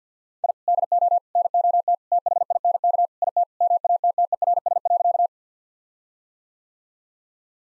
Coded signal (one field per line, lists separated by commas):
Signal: Morse code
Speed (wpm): 46 wpm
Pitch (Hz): 700 Hz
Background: none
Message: I DO NOT THINK IT MATTERS.